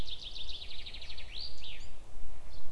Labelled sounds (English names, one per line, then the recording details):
Common Chaffinch
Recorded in Germany
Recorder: ecoPi